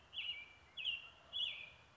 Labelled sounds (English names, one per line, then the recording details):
American Robin
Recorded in Sonoma County, California